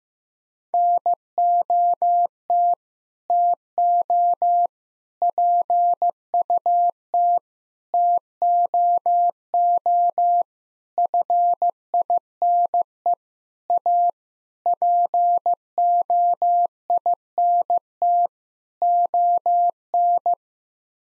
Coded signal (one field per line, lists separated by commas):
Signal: Morse code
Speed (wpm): 16 wpm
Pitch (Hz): 700 Hz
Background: none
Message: NOT TO PUT TOO FINE A POINT ON